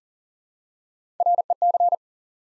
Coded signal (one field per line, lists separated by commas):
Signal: Morse code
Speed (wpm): 40 wpm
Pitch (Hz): 700 Hz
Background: none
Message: REC